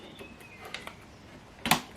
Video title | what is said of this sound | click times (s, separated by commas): How to Install Ink Cartridges In Canon Pixma TS8352a Wireless Printer | you hear a click sign okay | 1.7 s